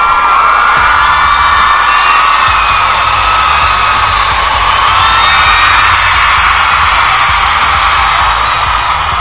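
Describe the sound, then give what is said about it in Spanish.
A loud, dense crowd cheering with whoops and shouts over steady applause, sustained at a constant level throughout without pauses, sounding like a canned recording, welcoming listeners at the start of a show on Radio Anime Nexus. “Gracias, gracias por esa cálida bienvenida, que no es para nada aplausos grabados.”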